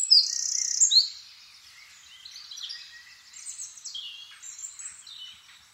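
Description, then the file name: Eurasian wren: a loud, high buzzy trill lasting about a second, followed by fainter scratchy high-pitched notes trailing off over several seconds. "Troglodytes troglodytes"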